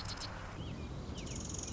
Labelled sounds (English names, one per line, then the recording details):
Marsh Wren
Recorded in Sonoma County, California